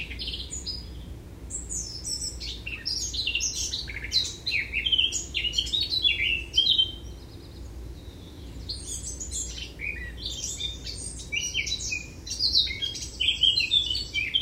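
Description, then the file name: Eurasian blackcap delivering dense, chattering warbled phrases with bright whistled notes, a short lull midway before the lively song resumes, low hum throughout. "Sylvia atricapilla"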